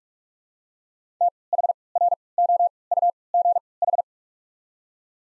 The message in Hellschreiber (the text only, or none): none